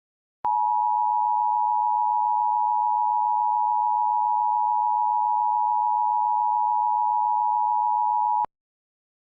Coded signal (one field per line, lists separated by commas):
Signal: Emergency Alert System (SAME) tones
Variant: 853 and 960 Hz attention tone